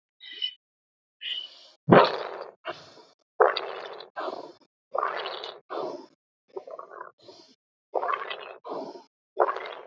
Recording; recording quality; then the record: shallow breathing; moderate, slight background noise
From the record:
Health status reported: exposed to COVID-19, no respiratory illness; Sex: male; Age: 26 years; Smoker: yes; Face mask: not worn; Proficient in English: yes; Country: India